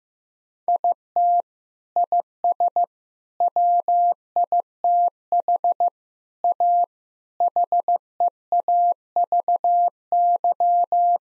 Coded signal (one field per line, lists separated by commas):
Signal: Morse code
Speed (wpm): 15 wpm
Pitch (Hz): 700 Hz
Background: none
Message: IT IS WITH A HEAVY